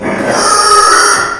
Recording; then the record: squeal of a Yucatan mini pig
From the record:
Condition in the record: after surgery on the right vocal fold (resection and tissue-engineered implant); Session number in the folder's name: 2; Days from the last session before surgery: 13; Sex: male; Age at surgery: 12 weeks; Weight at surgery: 13 kg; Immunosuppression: cyclosporine, prednisolone